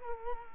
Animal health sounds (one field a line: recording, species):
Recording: mosquito wingbeat signal from an infrared sensor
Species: Culex quinquefasciatus